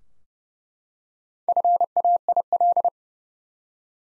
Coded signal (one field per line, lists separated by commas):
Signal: Morse code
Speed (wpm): 30 wpm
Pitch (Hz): 700 Hz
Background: none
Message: FAIL